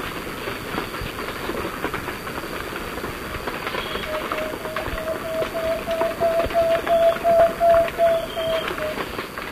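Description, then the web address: Plain-backed antpitta singing a run of soft whistled notes, slightly rising then dropping at the end, over a noisy background. Recorded in Ecuador. "Birds of Ecuador 2. Plain-Backed Antpitta"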